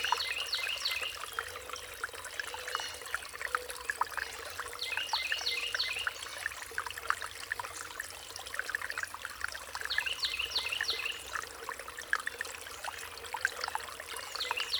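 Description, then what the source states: Songbirds singing, bright descending trilled phrases repeated every few seconds above constant trickling water. Riparian zone.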